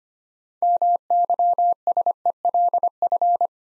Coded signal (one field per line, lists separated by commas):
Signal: Morse code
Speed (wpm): 25 wpm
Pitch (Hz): 700 Hz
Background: none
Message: MYSELF